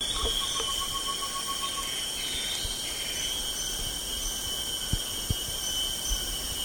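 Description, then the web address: Chestnut-winged babbler calls in a brief, rapid series of evenly spaced, mid-pitched notes, then stops; constant high insect buzzing and a few low thumps continue. Recorded 1 May 2007. "20070501. chestnut-winged babbler"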